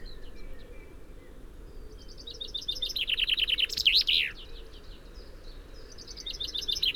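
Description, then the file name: Common chaffinch song: a cascading series of clear notes dropping into a rattling trill and an emphatic closing flourish, then a second phrase beginning over steady low noise. "Fringilla coelebs"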